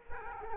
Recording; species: mosquito wingbeat signal from an infrared sensor; Culex quinquefasciatus